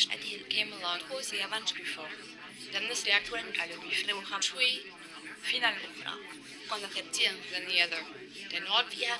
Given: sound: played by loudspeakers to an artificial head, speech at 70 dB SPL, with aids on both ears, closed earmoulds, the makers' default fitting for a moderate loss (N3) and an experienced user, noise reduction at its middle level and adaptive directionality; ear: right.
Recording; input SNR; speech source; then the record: speech test signal (ISTS) in cocktail-party noise; -3 dB; in front (0 degrees)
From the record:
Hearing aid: class 2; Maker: B